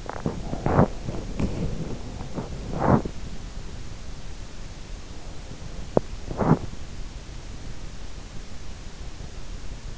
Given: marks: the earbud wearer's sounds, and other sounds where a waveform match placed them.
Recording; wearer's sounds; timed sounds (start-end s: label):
sounds in sleep by an in-ear microphone; body movement
0.00-3.62 s: body movement
5.69-6.91 s: body movement